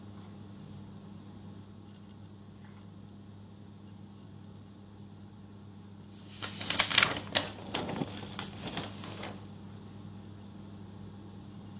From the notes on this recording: going through my notes and re-writing stuff